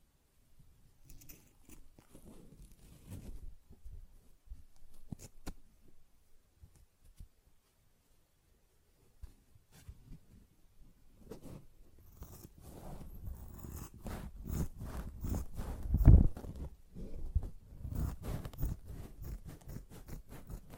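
A sponge is handled with irregular scratchy, squishy strokes, sparse and quiet for the first ten seconds with short pauses. From about twelve seconds the rubbing grows denser and louder, with quick repeated scrapes and a sharp loud crunch near sixteen seconds.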